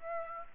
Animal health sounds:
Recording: mosquito wingbeat signal from an infrared sensor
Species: Aedes aegypti

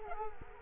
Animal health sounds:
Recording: mosquito wingbeat signal from an infrared sensor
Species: Culex quinquefasciatus

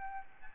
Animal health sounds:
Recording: mosquito wingbeat signal from an infrared sensor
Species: Aedes albopictus

